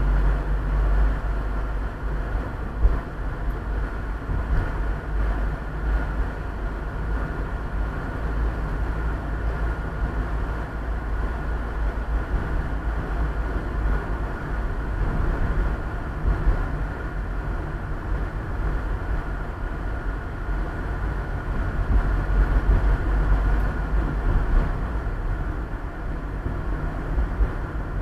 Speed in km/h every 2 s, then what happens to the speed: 39, 41, 41, 43, 44, 44, 43, 44, 41, 39, 38, 39, 39, 39.
0-14 steady at about 43. 14-19 slows to 38. 19-28 steady at about 39.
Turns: none.